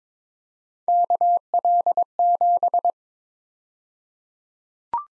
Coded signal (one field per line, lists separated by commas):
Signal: Morse code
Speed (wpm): 22 wpm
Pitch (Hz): 700 Hz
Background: none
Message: KL7